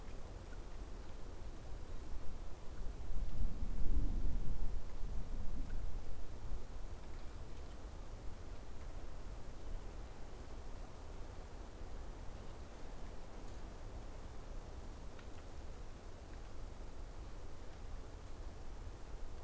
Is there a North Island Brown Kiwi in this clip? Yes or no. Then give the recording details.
no. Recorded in New Zealand on 14 October 2015. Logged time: 20:29. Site BN6